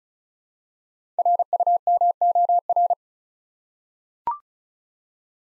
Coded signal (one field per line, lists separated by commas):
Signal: Morse code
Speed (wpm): 36 wpm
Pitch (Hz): 700 Hz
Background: none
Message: RUMOR